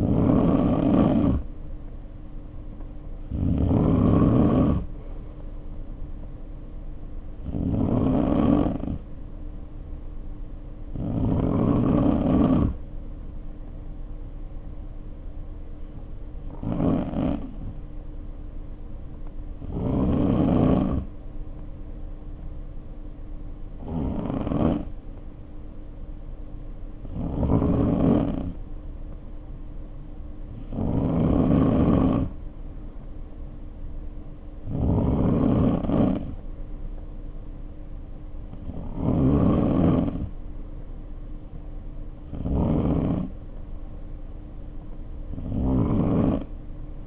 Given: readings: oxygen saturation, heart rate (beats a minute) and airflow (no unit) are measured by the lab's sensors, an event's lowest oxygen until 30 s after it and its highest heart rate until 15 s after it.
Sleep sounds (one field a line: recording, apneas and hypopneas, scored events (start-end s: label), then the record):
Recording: breathing in sleep by a smartphone at the bedside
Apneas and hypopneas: none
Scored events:
none scored
From the record:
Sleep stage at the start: N2 (light sleep)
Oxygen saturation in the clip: 87 to 93%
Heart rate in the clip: 50 to 57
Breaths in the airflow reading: 13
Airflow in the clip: -1.8 to 2.3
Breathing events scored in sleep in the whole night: 520 in 7.2 hours asleep